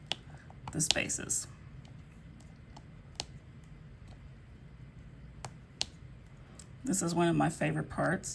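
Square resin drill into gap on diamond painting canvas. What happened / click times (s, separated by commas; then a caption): Small pieces handled, none clearly seated yet / none. Square resin diamond painting drills are handled and placed into the gaps on an adhesive diamond painting canvas, with faint sharp ticks and clicks over a quiet background while someone talks. Nothing has seated or snapped into place yet by the end of the clip.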